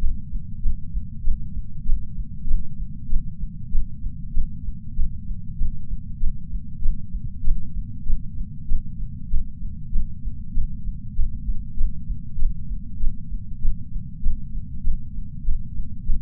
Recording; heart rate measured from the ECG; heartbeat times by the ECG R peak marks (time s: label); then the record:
heart sounds by patch sensor on the chest; 97 bpm
0.59 s: heartbeat
1.21 s: heartbeat
1.82 s: heartbeat
2.44 s: heartbeat
3.06 s: heartbeat
3.68 s: heartbeat
4.30 s: heartbeat
4.92 s: heartbeat
5.55 s: heartbeat
6.17 s: heartbeat
6.79 s: heartbeat
7.41 s: heartbeat
8.03 s: heartbeat
8.65 s: heartbeat
9.27 s: heartbeat
9.89 s: heartbeat
10.51 s: heartbeat
11.12 s: heartbeat
11.73 s: heartbeat
12.35 s: heartbeat
12.97 s: heartbeat
13.58 s: heartbeat
14.19 s: heartbeat
14.80 s: heartbeat
15.41 s: heartbeat
16.03 s: heartbeat
From the record:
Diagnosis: coronary artery disease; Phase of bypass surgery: preoperative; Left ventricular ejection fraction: 60.9%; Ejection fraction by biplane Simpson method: 52.5%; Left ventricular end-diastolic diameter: 49 mm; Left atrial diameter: 38 mm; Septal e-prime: 4.5 cm/s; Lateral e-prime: 5.9 cm/s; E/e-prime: 13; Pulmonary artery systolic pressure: 21 mmHg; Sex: female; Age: 74 years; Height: 160 cm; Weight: 64 kg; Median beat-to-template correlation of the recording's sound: 0.92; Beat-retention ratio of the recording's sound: 0.97